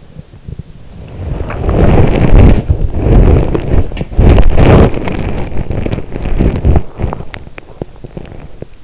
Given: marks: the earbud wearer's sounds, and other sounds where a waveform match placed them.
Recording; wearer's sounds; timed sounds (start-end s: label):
sounds in sleep by an in-ear microphone; body movement
0.10-8.84 s: body movement